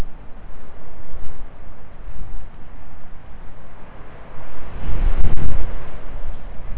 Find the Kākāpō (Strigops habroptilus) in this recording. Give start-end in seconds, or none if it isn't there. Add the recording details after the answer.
none. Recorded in New Zealand. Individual Stumpy